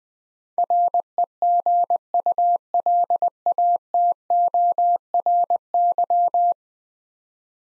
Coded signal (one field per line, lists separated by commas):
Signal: Morse code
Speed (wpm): 20 wpm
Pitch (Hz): 700 Hz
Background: none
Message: REGULATORY